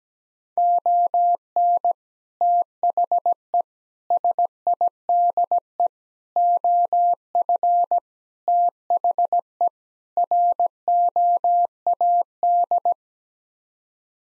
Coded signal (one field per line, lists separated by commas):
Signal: Morse code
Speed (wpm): 17 wpm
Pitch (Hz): 700 Hz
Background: none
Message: ON THE SIDE OF THE ROAD